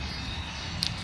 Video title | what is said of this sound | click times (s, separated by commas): Roadking Rebuild / Salvage Auction Pt1 | tab that you can pull back to release them they just click into place | 0.8 s